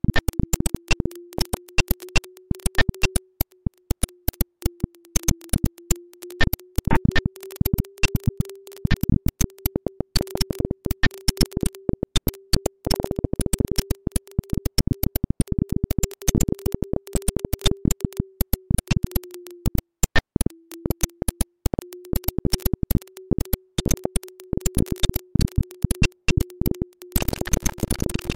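Glitch sounds: a steady low-mid tone wavers slightly throughout, chopped by dense, irregular clicks and bursts of crackling noise of varying lengths.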